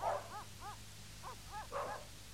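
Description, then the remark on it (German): Several dogs bark in quick, irregular bursts, some sharp yips and higher whining barks mixed in, over a low steady hum with no talking. “Was wollen die Hunde?”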